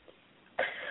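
One short, harsh throat-clearing cough after brief quiet on a telephone line, from an adult woman who has been fighting laryngitis and bronchitis.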